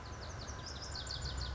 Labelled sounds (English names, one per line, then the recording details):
Lazuli Bunting
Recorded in Sonoma County, California